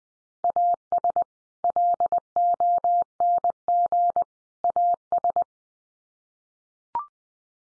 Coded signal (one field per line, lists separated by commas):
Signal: Morse code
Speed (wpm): 20 wpm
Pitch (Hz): 700 Hz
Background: none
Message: AS LONG AS